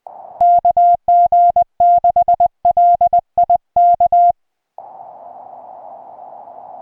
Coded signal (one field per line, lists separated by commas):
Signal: Morse code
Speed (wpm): 20 wpm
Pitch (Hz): 700 Hz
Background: music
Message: KG6LI K